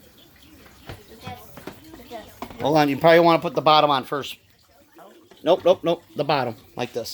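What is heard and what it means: A plastic dust cup is handled against a Shark vacuum body, first tried the wrong way and then lined up bottom-first, with soft plastic knocks and taps at about 0.9, 1.6, 1.7 and 2.4 seconds while someone talks. Nothing has seated or clicked yet; the cup is not home by the end of the clip.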